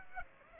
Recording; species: mosquito wingbeat signal from an infrared sensor; Aedes aegypti